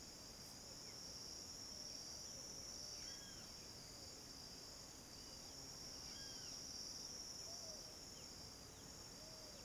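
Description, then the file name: Crickets keep up a steady shrill chorus as birds add occasional arched, whistled chirps at intervals of a few seconds. Cricket chorus in the late afternoon, with some birds present. "Coro de grilos em fim de tarde com alguns passaros"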